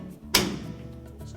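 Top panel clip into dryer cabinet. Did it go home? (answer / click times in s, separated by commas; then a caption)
yes / 0.4 s. A Frigidaire dryer's top panel, lined up side to side and pressed down after an upper drum glide replacement (part 5303937139), has its spring clip snap into the dryer cabinet. A single sharp, bright snap at 0.35 s stands out over a low steady background and decays quickly. The clip is seated.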